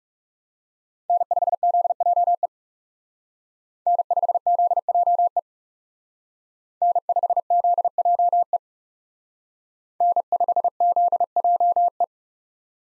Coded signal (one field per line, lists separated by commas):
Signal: Morse code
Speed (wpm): 39 wpm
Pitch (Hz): 700 Hz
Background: none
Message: N5ZJE N5ZJE N5ZJE N5ZJE